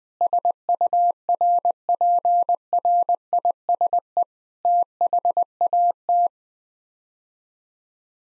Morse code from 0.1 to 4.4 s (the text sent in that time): SURPRISE